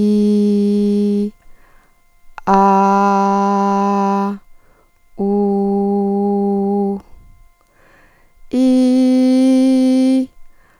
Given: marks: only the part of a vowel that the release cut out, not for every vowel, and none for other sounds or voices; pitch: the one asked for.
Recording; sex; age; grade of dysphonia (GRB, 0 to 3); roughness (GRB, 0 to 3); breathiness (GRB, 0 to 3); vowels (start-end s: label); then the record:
sustained vowels; female; 50 to 59 years; 0; 0; 0
0.00-1.21 s: vowel /i/, normal pitch
2.72-4.24 s: vowel /a/, normal pitch
5.28-6.79 s: vowel /u/, normal pitch
8.62-10.14 s: vowel /i/, high pitch
From the record:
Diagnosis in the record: functional dysphonia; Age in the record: 53 years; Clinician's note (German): Ponogen